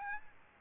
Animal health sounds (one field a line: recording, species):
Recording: mosquito wingbeat signal from an infrared sensor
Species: Aedes albopictus